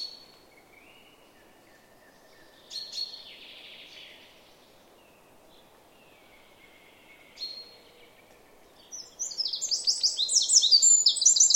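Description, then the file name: Eurasian wren: two short sharp notes several seconds apart, then a loud, rapid song of high trills and chattering phrases begins near the end. "Troglodytes troglodytes"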